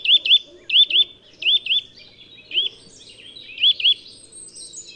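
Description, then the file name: Eurasian nuthatch calls: clear whistled double notes given in quick pairs, repeated several times, with faint other bird notes higher up. "Sitta europaea"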